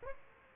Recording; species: mosquito wingbeat signal from an infrared sensor; Aedes aegypti